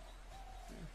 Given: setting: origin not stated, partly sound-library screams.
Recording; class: one-second piece from a danger detection set; normal situation